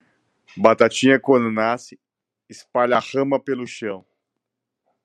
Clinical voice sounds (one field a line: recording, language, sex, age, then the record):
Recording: short text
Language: Brazilian Portuguese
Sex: male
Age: 40 to 49 years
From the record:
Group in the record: control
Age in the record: 46 years